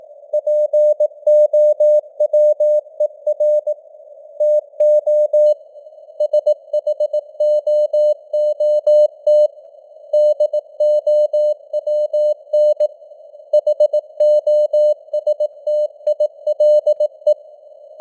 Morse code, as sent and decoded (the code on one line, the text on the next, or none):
.--. --- .-- . .-. / - --- / ... .... --- --- - / -.. --- .-- -. / .... --- ... - .. .-.. .
POWER TO SHOOT DOWN HOSTILE